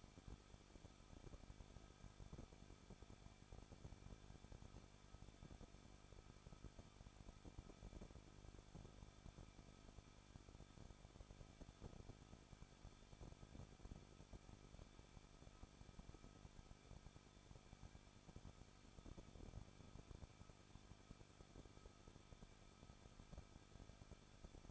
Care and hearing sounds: daily activity, microphone in the room; no activity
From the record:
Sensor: 5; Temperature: 20.9 degrees Celsius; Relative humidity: 38.1%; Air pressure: 1006.4 hPa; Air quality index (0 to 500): 187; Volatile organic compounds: 18 ppm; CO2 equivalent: 2620 ppm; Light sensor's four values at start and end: 2/3/1/1 and 2/3/1/1

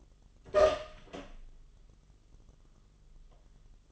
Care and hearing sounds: daily activity, microphone in the room; open door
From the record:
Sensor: 4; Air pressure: 1005.7 hPa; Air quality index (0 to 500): 93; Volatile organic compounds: 2 ppm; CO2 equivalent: 1155 ppm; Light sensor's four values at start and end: 13/30/12/11 and 13/29/11/11

